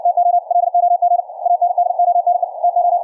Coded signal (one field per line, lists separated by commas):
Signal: Morse code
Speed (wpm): 60 wpm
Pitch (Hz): 720 Hz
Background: none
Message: TO LOG AND ONE TO